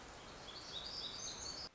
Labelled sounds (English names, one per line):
Black-throated Gray Warbler